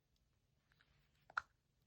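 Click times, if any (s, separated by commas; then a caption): none. A plastic clip lid on a diamond-painting bead storage container is pressed shut, giving a few sharp plastic clacks near 1.3, 1.4 and 1.9 seconds against a quiet background. The lid fails to latch and does not stay closed; nothing has latched yet.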